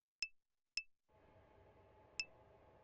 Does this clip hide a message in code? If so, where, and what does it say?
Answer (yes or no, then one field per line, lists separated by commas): no